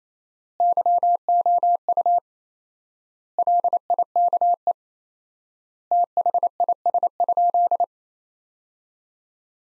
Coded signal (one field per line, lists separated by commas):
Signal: Morse code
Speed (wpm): 28 wpm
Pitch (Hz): 700 Hz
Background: none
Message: YOU LIKE THIS?